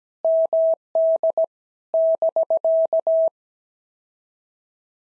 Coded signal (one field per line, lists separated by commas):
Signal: Morse code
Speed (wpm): 17 wpm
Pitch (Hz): 650 Hz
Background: none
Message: MD <BK>